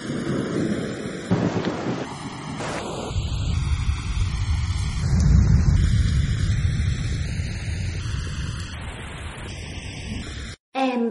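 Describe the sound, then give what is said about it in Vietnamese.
Howling wind and rain of a storm roar steadily together outside a window, with a deep rumbling swell midway and a brief dropout near the end. No voices are heard. “Lâm Tư Hàn nhìn mưa gió gào thét ngoài cửa sổ nói: Lúc này lái xe quá nguy hiểm, anh không cần lại đây, chờ cơn bão này qua đã.”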